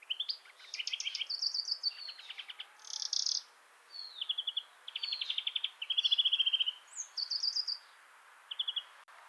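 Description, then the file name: European greenfinch in a long twittering sequence of fast trills and chattering phrases, broken by one short buzzy note. "Chloris chloris"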